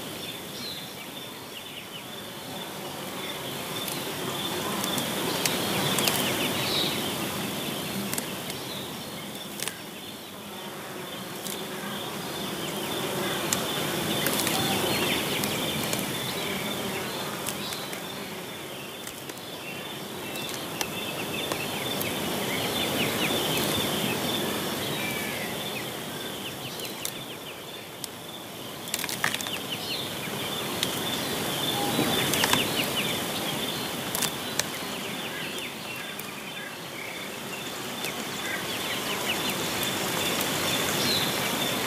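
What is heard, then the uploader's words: A forest at dusk, filled with a dense, steady hum of insects and a thin high whine running throughout. The level swells and eases in slow waves, with brief sharp clicks and chirps scattered across the whole stretch. FOREST AT DUSK.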